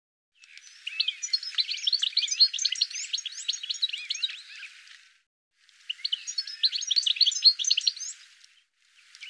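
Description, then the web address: Bird calls: two long bursts of hurried high-pitched twittering divided by a short silence, with a third burst starting at the end. "cianscape birddata Deverinetal 2025 File cleaned normalized Bird"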